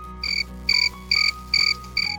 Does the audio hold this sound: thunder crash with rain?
no